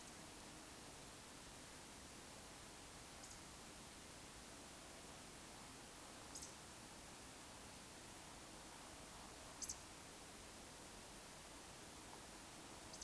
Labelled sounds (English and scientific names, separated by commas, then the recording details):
Eurasian Woodcock (Scolopax rusticola) whistle
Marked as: whistle, whistle, whistle, whistle, whistle
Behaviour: display flight
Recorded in Baden-Württemberg, Germany, on 26 May 2020 at 20:11 UTC
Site 45304, 487 m above sea level